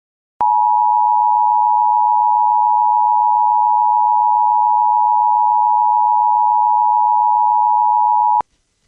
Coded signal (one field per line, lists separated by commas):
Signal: Emergency Alert System (SAME) tones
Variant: 853 and 960 Hz attention tone